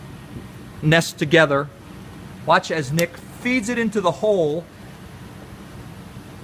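A two-part plastic rivet clip is fed into the hole in a snow globe display's pocket tab while someone talks in three short bursts over a steady low background hum. The clip has not been pushed home yet, so nothing has clicked.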